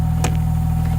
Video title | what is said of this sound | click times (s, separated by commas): Car Review - 2001 Porsche 911 Turbo Coupe - CollectorCarCanada - Lot 294 | You can hear the click now. | 0.2 s